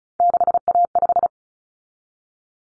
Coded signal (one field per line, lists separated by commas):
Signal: Morse code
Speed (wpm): 34 wpm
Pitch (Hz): 700 Hz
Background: none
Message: 6A5